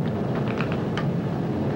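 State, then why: Seated. In a jet cockpit, a crew member pushes a metal harness or parachute strap fitting into its seat buckle over a steady low rumble, with small clicks around it at 0.5, 0.7 and 1.0 seconds. The fitting clicks and latches into the buckle at 0.6 seconds.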